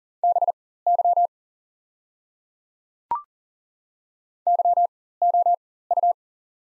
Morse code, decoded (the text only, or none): BY YOU